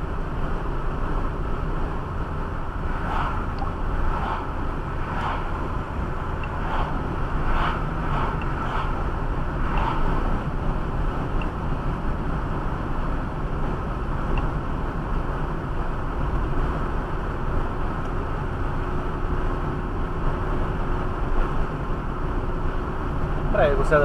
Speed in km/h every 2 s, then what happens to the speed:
65, 64, 64, 64, 65, 66, 67, 67, 68, 69, 69, 69.
0-24 steady at about 66.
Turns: none.